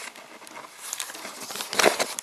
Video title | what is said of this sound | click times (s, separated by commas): БЕСПЛАТНОЕ ЭЛЕКТРИЧЕСТВО ДЛЯ ДОМА своими руками, ВАМ НЕ НУЖНО больше платить! | plus or minus snaps into place, everything works, everything will be fine, | 1.8 s